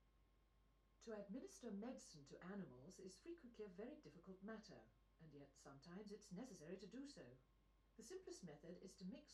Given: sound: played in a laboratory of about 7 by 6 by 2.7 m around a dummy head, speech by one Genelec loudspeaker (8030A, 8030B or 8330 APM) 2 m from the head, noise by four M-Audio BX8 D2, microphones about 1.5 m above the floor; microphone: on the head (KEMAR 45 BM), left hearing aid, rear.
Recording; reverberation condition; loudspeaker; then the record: female speech in English; low; 60 degrees to the right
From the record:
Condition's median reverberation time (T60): about 310 ms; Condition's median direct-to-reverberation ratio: about 3.5 dB